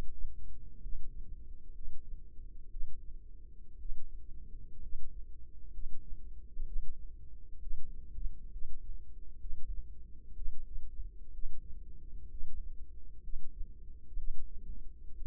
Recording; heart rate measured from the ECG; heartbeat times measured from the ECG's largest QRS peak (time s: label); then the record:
heart sounds by microphone in the left ear; 63 bpm
0.79 s: heartbeat
1.71 s: heartbeat
2.68 s: heartbeat
3.76 s: heartbeat
4.79 s: heartbeat
5.70 s: heartbeat
6.63 s: heartbeat
7.58 s: heartbeat
8.49 s: heartbeat
9.37 s: heartbeat
10.33 s: heartbeat
11.30 s: heartbeat
12.27 s: heartbeat
13.20 s: heartbeat
14.15 s: heartbeat
15.13 s: heartbeat
From the record:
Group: healthy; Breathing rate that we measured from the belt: 16 breaths a minute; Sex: female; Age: 36 years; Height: 163 cm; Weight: 88 kg